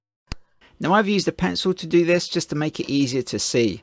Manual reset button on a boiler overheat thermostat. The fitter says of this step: all i need to do is to push the button back in again and when i do that i will hear a little click